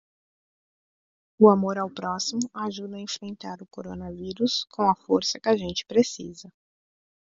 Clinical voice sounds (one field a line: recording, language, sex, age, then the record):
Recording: spoken sentence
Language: Brazilian Portuguese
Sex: female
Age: 30 to 39 years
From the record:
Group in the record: control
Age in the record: 33 years